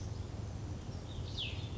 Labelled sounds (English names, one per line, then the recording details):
Cassin's Vireo
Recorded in Sonoma County, California